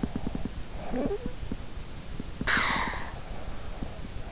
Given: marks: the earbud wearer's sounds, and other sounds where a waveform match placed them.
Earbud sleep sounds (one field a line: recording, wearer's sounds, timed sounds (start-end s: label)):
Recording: sounds in sleep by an in-ear microphone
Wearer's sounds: snoring breath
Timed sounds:
0.03-4.23 s: snoring breath